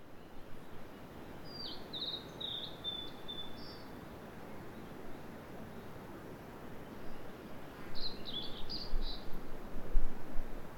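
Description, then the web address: Bird song with two brief high, jumbled warbling phrases, one early and one late, set against constant low-pitched background noise. "yacho koe"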